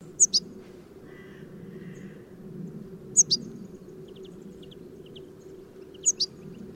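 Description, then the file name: European goldfinch calls: three crisp high double notes spaced about three seconds apart, with a few faint twitters between them over a low steady hum. "Carduelis carduelis"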